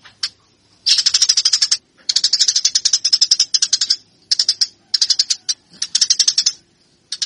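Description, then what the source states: Eurasian tree sparrow calling in short clusters of rapid, grating chirps separated by brief pauses. Fighting call of a cage sparrow, used as master training audio for cage birds.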